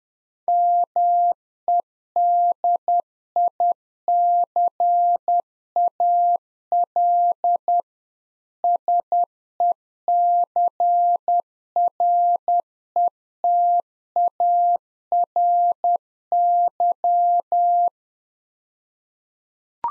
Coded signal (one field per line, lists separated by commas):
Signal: Morse code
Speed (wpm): 10 wpm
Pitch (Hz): 700 Hz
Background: none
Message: MEDICAL SECRETARY